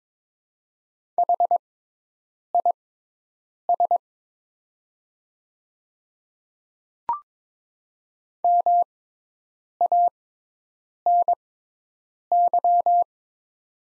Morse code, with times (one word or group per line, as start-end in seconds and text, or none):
1.2-4.0 HIS
8.4-13.0 MANY